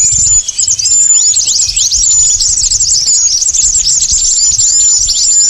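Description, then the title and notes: Many birds twittering together, a steady wash of shrill, quick chirps and short downslurred whistles running without a break throughout. Sounds of wary birds that are hard to approach, used as a lure. "Suara Burung Bandel Yang Susah Mendekati. Suara Pikat Burung"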